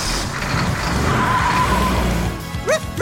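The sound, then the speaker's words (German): A truck engine rumbles steadily as it pulls away, tires skidding with a drawn-out screech, then a couple of quick, high-pitched squeals near the end. “landete direkt in seinem Recycling-LKW, in dem er alles aufbewahrte, was er vielleicht noch einmal gebrauchen konnte.”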